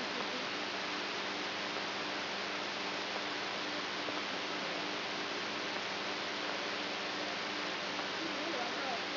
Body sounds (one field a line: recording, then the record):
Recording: brain microelectrode recording played as sound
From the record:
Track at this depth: outside the subthalamic nucleus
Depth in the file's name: 5.512 mm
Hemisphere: right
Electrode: 3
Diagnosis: Parkinson's disease